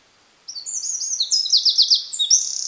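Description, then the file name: Eurasian wren song: a loud, high, rapid burst of sharp notes and fast trills that starts after half a second and continues to the end. "Troglodytes troglodytes"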